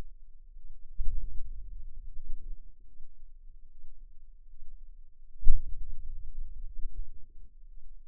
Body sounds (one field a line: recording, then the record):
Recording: forearm muscle sounds (acoustic myography)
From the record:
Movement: hand opening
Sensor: system 2, bracelet of six BSWA MPA416 microphones around the upper forearm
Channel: 6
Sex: female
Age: 23 years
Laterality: right